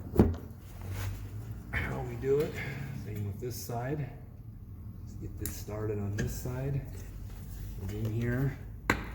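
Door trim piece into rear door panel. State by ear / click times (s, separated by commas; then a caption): seated / 8.9 s. During reassembly of the rear door on a 1979 Lincoln Continental Town Car, a trim piece is started on one side of the rear door panel and pressed in while someone talks. A sharp snap at 8.9 s marks the trim piece seating into place.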